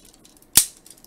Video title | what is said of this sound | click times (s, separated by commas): Optimus Prime Figure Assembly | that's the snap you all heard it just | 0.6 s